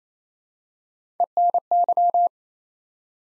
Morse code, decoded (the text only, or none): ENY